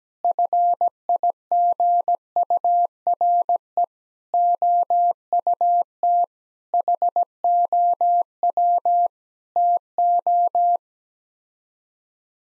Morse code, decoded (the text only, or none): FIGURE OUT HOW TO